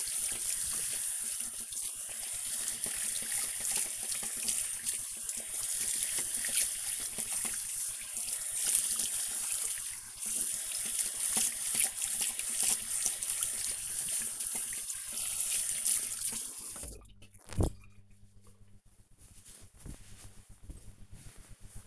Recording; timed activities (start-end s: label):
household activities, microphone on the right wrist
0.00-18.33 s: washing hands